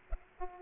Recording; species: mosquito wingbeat signal from an infrared sensor; Aedes aegypti